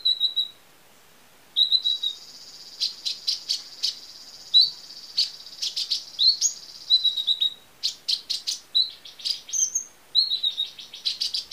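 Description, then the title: Small bird singing high chirps and trills, with a sustained buzzy high tone running behind the middle section. "Burung Kecil"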